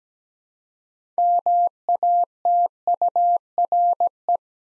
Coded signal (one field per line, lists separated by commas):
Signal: Morse code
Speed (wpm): 17 wpm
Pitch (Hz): 700 Hz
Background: none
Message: MATURE